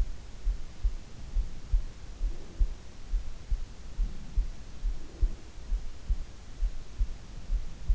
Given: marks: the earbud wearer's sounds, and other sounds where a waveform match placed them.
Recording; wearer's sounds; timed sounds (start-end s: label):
sounds in sleep by an in-ear microphone; breath
2.16-2.99 s: breath
4.03-5.67 s: breath